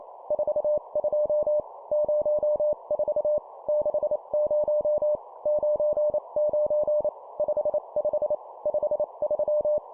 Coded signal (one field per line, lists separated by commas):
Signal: Morse code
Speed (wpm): 28 wpm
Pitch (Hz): 600 Hz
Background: none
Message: 42 04 60 99 55 53